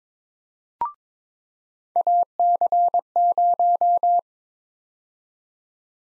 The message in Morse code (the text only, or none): AC0